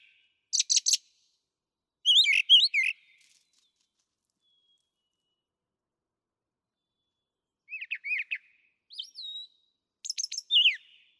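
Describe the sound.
Brown thrasher song: short varied phrases of harsh buzzy notes and slurred whistles, some notes given in quick pairs, broken by a silent pause of about four seconds.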